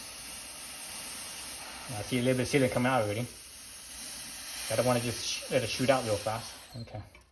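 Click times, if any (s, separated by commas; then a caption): none. A tubeless bicycle tire is being handled on its rim while a steady hiss runs underneath and someone talks in two bursts. The tire beads have not seated onto the rim yet, and no click or pop is heard.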